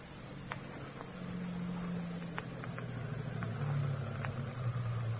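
A car coming down a road from a house toward the gates of an estate in darkness, its low engine rumble droning steadily and slowly building in loudness, with a few faint ticks scattered over the hum.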